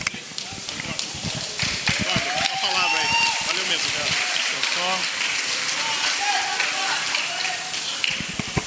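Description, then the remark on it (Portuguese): An audience at a lecture by Eduardo Taddeo, formerly of Facção Central, applauds with dense, steady clapping that holds at an even loudness for several seconds, with scattered voices and cheers mixed into the noise. “Eu acho que mais merecedor das palmas do que eu são vocês mesmos”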